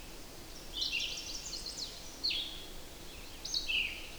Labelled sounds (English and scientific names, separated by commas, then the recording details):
Red-eyed Vireo (Vireo olivaceus) song
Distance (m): 40 m
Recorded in boreal forest in Alberta, Canada, on 8 June 2016 at 07:57
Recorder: SongMeter 3, array SBT-3-9
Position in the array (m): 12 m, 115 m